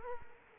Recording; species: mosquito wingbeat signal from an infrared sensor; Culex quinquefasciatus